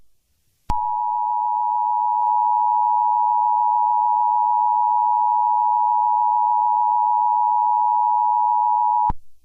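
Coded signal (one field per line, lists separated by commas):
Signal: Emergency Alert System (SAME) tones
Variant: 853 and 960 Hz attention tone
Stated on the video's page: Simulated EAS scenario using valid SAME tones.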